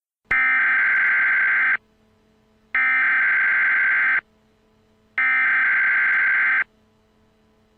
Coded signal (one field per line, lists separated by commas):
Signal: Emergency Alert System (SAME) tones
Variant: header bursts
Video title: U.S NATIONAL WEATHER SERVICE (CLARKVILLE EAS SCENARIO) ￼tornado warning